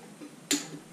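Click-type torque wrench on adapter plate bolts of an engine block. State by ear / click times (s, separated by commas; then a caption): torque reached / 0.5 s. A click-type torque wrench tightens the bolts holding a steel adapter plate to an OM617 diesel engine block for a Toyota swap, set to 60 ft-lb. After quiet low background, a single sharp, bright click at 0.5 s rings briefly and fades. The wrench has reached its setting, and tightening stops there to avoid adding extra torque and an uneven torque pattern.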